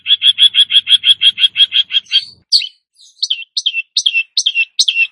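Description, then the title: Long-tailed shrike giving a quick, regular train of short chattering notes, then a string of slurred, descending whistled chirps. Described as "gacor", meaning singing actively and vigorously. "Cendet Gacor"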